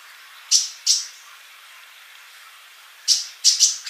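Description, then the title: Bird calls: short, very high ticking chirps, two early, then a quick cluster of three near the end, with quiet hiss between. "Kicau Burung"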